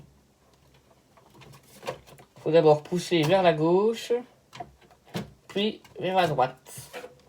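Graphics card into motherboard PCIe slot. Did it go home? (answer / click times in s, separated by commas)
no / none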